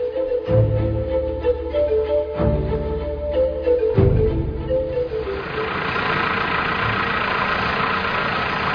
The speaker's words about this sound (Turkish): Doktor, traktörün sesi dostlarımızın pek hoşuna gitmeyecek. Kulaklarları patlamazsa iyidir.